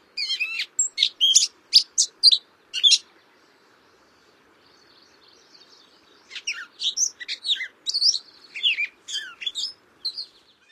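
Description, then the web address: Gray catbird song: jumbled bursts of varied, squeaky notes in quick succession, a pause of a few seconds, then another rambling sequence of mixed high phrases. "Songs of Birds of North America Stokes. Gray Catbird"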